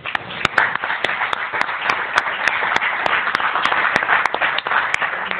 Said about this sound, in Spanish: un aplauso.